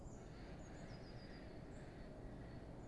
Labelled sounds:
Eurasian Blue Tit
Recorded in Germany
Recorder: ecoPi

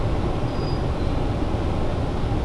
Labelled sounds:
Great Tit
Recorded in Germany
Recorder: ecoPi

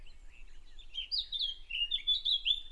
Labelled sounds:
Eurasian Blackcap
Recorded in Germany
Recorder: ecoPi

